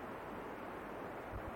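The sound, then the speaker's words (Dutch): Soft water waves lapping in a steady, continuous wash at a place by the water in Baren, a low rushing hiss with gentle swells and no voices. “Plaats vlak bij water.”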